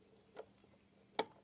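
A self-tapping valve cover screw on a Kohler Courage engine is turned backwards in the aluminum cylinder head, and a faint tick at 0.4 s comes before a sharp, small click at 1.2 s as its thread drops into the existing thread. The screw is seated, found this way so the aluminum thread is not stripped out.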